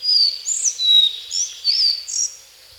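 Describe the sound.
Collared flycatcher song opening straight away with high piping notes, then a longer lower whistle and several quick squeaky slurred notes before fading out.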